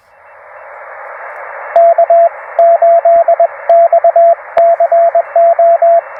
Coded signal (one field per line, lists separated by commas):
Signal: Morse code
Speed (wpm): 21 wpm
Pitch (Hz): 690 Hz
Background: radio noise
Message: K8XCO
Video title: Minimal Antenna for Maximum Results: POTA with Two 31’ Wires at Carolina Beach State Park!